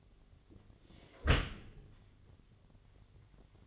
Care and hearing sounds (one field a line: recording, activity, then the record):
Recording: daily activity, microphone in the room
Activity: close dishwasher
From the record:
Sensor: 4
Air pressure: 1007.4 hPa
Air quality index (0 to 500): 198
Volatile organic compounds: 7 ppm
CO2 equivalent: 1973 ppm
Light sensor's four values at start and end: 23/72/27/27 and 23/72/27/27